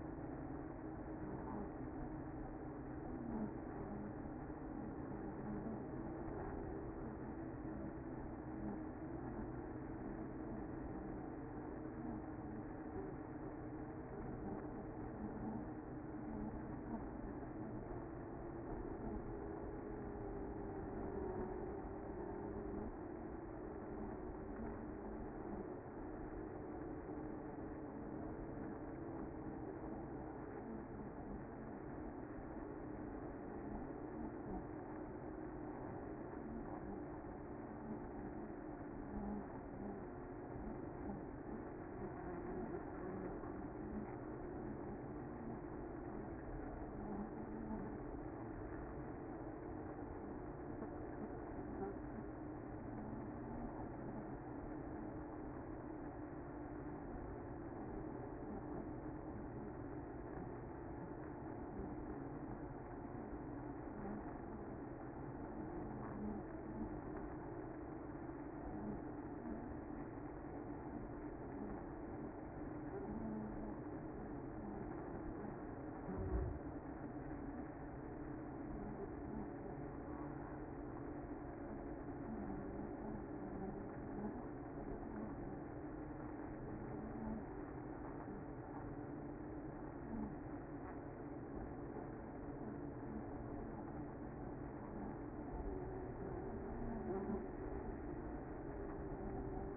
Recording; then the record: honeybee colony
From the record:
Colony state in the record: active